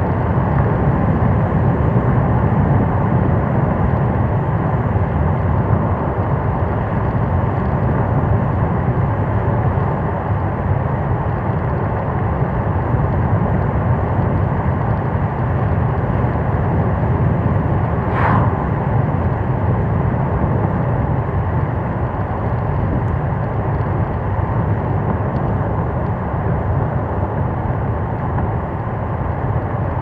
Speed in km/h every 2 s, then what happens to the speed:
80, 78, 79, 78, 78, 79, 79, 78, 75, 73, 73, 73, 71, 70, 72.
0-30 slows to 72.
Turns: none.